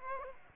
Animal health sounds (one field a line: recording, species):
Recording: mosquito wingbeat signal from an infrared sensor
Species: Aedes aegypti